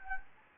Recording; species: mosquito wingbeat signal from an infrared sensor; Anopheles gambiae